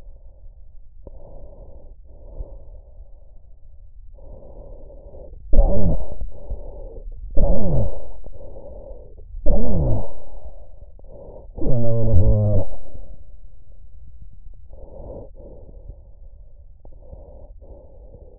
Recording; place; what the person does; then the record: lung sounds by stethoscope; trachea; quiet breathing, then cough and speech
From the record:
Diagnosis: COPD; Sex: male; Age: 69 years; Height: 162 cm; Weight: 124.8 kg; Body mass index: 47.6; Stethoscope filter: extended mode